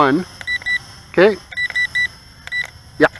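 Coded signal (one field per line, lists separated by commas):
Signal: none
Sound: drone controller speed beeps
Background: speech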